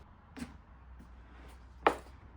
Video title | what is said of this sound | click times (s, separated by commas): AVA Pressure Washer Unboxing and Assembly - Evolution P80 | with a quick twist clockwise, it locks the reel firmly in place. | 1.9 s